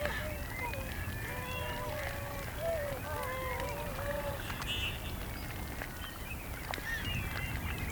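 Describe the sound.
Whooper swans trumpeting in a brief cluster of overlapping honks during the first half, then mostly background rumble with scattered faint notes.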